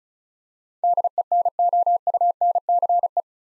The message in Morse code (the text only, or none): DENOUNCE